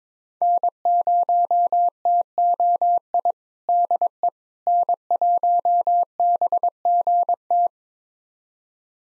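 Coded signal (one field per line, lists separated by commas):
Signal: Morse code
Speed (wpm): 22 wpm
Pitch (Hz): 700 Hz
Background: none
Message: N0TOI DE N1BGT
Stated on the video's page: Call sign pair copying drill at 22 wpm, each five-character call sent in Morse, spoken, then sent again.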